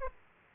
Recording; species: mosquito wingbeat signal from an infrared sensor; Aedes aegypti